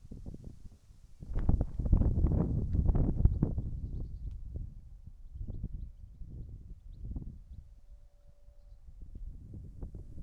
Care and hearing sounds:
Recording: everyday scene through a hearing-aid microphone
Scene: wind on the microphone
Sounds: wind, whistling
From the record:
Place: in front of a rural house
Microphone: behind the ear, right, rear

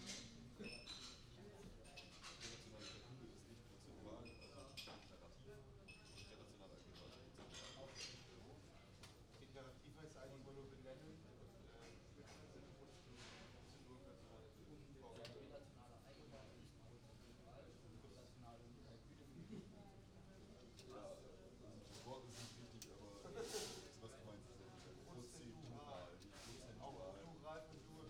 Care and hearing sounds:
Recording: everyday scene through a hearing-aid microphone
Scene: many people talking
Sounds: many voices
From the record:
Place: university cafeteria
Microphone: in the ear canal, right

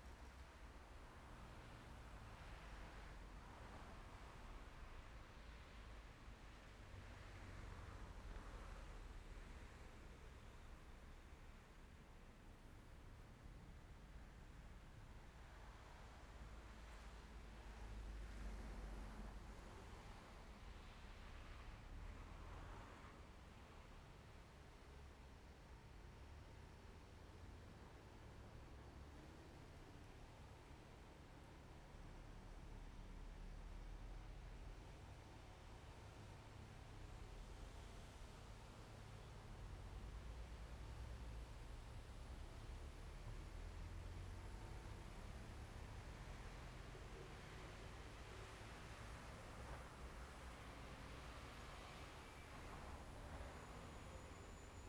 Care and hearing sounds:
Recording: everyday scene through a hearing-aid microphone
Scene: in traffic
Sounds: traffic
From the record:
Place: main road on the outskirts, rush hour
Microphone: behind the ear, left, rear

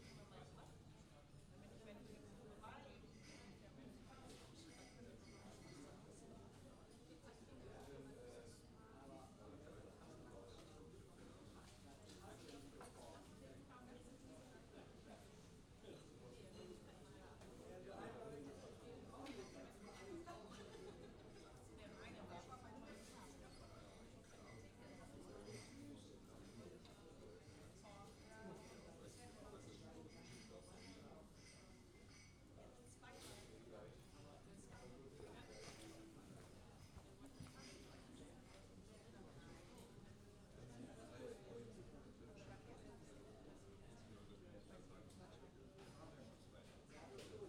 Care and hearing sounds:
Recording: everyday scene through a hearing-aid microphone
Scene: many people talking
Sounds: many voices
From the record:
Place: university cafeteria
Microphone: in the ear canal, left

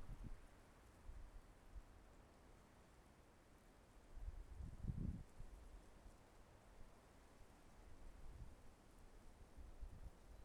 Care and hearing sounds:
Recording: everyday scene through a hearing-aid microphone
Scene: wind on the microphone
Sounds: wind, traffic, birds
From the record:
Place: suburban garden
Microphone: behind the ear, left, rear

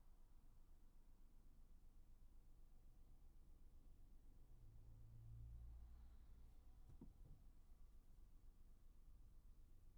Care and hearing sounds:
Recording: everyday scene through a hearing-aid microphone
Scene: in a vehicle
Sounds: engine, highway traffic jam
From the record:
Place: Skoda Fabia, gasoline engine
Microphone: behind the ear, right, front

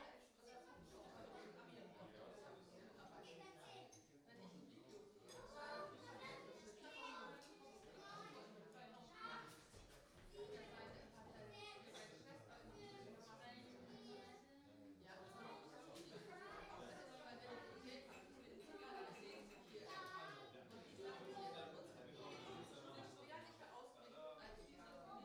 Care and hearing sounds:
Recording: everyday scene through a hearing-aid microphone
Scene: many people talking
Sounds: many voices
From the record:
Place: parish hall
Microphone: in the ear canal, right

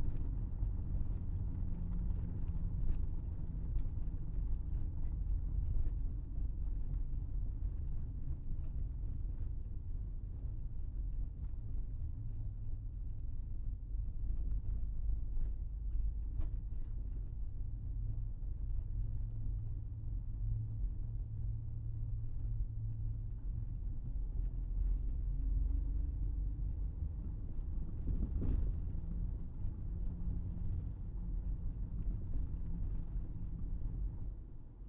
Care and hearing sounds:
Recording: everyday scene through a hearing-aid microphone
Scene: in a vehicle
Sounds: engine, rumble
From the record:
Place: Berlingo II, diesel engine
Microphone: behind the ear, right, rear

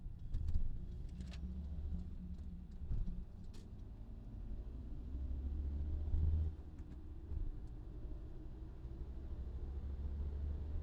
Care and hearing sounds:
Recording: everyday scene through a hearing-aid microphone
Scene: in a vehicle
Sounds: engine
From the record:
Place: VW T5 Caravelle, diesel engine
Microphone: in the ear canal, left

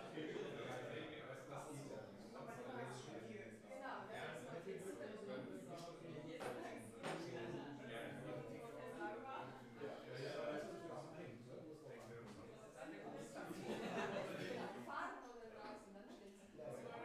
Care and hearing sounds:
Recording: everyday scene through a hearing-aid microphone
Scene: many people talking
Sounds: many voices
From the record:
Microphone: behind the ear, left, front

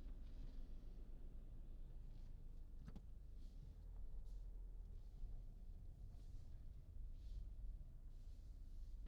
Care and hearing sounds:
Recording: everyday scene through a hearing-aid microphone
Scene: in a vehicle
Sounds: engine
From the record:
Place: Berlingo II, diesel engine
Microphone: in the ear canal, left

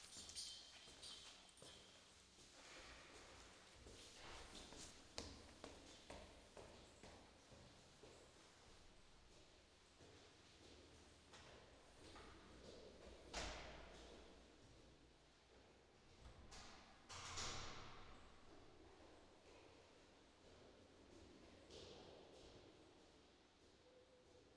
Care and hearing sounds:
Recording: everyday scene through a hearing-aid microphone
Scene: reverberant space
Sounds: background noise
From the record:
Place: staircase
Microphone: in the ear canal, left

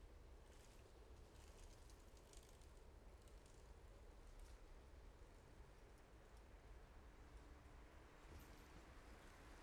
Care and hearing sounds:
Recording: everyday scene through a hearing-aid microphone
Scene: in traffic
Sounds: traffic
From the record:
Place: main road on the outskirts, rush hour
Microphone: behind the ear, left, rear

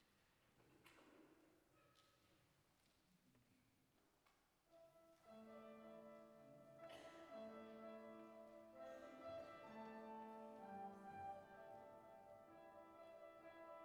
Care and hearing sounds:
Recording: everyday scene through a hearing-aid microphone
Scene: reverberant space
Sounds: music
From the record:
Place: church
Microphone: behind the ear, left, rear

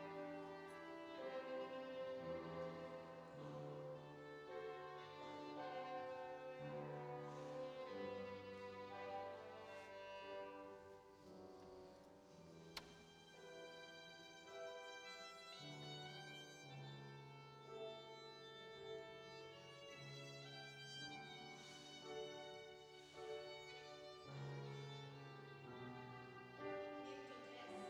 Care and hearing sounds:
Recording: everyday scene through a hearing-aid microphone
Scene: reverberant space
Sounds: music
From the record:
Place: church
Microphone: in the ear canal, right

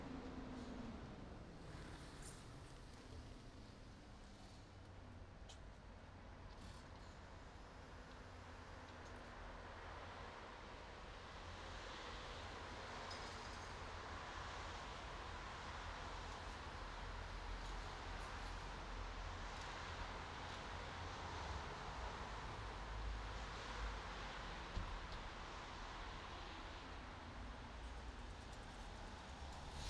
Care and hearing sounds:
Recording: everyday scene through a hearing-aid microphone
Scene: in traffic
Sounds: traffic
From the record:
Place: bus stop on a city main road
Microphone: in the ear canal, right

